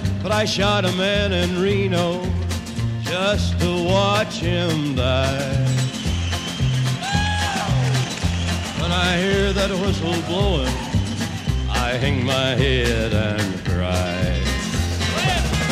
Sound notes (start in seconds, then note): 5.7 singing; 6.0 soundbite of cheers